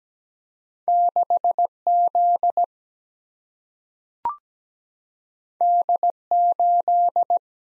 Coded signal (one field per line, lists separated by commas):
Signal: Morse code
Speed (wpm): 17 wpm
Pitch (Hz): 700 Hz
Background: none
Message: 6Z D8